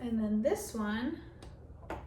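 The second plastic section of the grow-light arm on an iDOO 12 Pod LED hydroponic indoor garden is handled at its socket on the garden base while someone talks, with faint handling taps near 1.4 and 1.9 seconds. The arm section has not snapped into place yet; nothing has seated or clicked.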